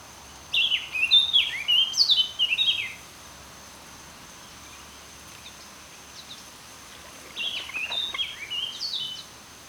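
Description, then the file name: Eurasian blackcap song: two bursts of rapid, varied warbling phrases, each lasting about two seconds, with a steady high tone running throughout. "Sylvia atricapilla"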